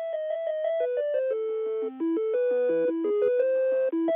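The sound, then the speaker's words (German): Telephone company hold music of a Beethoven piece, played while a call is being transferred to the personnel department: a thin, synthetic electronic melody of steady single notes moving up and down in a simple tune, played at an even volume with no voices. “Wenn Beethoven gewusst hätte, was Telefongesellschaften mit seinem Stück veranstalten, er hätte die Noten verbrannt und...”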